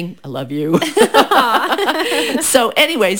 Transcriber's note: laughing